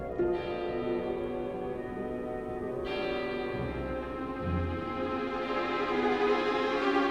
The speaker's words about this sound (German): Ein einsames Haus. Irgendwo bellt ein Hund. Eine Turmuhr.